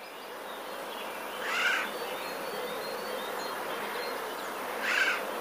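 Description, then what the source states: Eurasian jay giving two hoarse, rasping screeches several seconds apart against a constant low hiss. Warning calls; recorded 7 April 2019.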